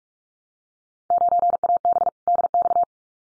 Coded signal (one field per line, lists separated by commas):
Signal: Morse code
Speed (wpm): 46 wpm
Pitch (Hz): 700 Hz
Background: none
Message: 9AB DX